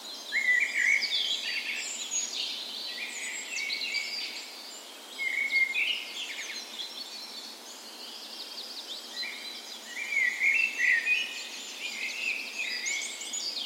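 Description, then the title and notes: Many songbirds in a dawn chorus, layered bright whistled phrases and twittering, with louder bursts of song near the start, middle and end. Park west in Bergen, Norway; morning of 17 May, Norway's National Day; spring; Sony PCM A10 recorder with LOM Usi microphones placed as tree ears. "17th Of May Dawn Chorus. Recorded on the morning of Norways National Day the 17th of May in a park west in Bergen"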